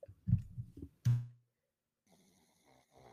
He gave us one snore, and that was a really loud snore.